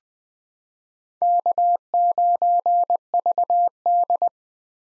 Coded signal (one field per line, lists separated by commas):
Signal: Morse code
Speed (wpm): 20 wpm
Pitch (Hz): 700 Hz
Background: none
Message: K9VD